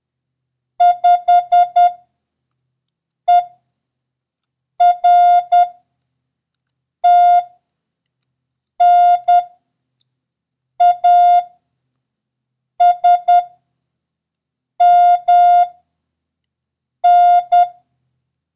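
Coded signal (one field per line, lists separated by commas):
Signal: Morse code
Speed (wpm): 10 wpm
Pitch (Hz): 710 Hz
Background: none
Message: 5 E R T N A S M N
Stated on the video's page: Morse code lesson covering the letters S, O, R and the number 1, with random practice runs.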